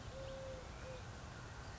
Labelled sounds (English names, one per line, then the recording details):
Eurasian Collared Dove
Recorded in Sonoma County, California